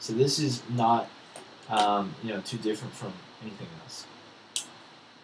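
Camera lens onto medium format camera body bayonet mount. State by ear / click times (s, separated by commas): seated / 4.6 s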